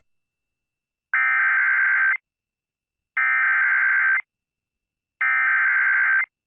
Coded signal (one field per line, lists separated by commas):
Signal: Emergency Alert System (SAME) tones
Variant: header bursts